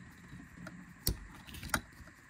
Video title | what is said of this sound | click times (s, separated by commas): Ford F-150 Coolant Leak Fix Heater Core Inlet Hose Replacement How-To | get put that on there you should hear it click | 1.1 s